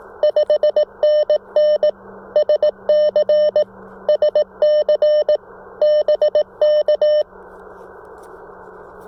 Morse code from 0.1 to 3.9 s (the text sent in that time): 5NN SC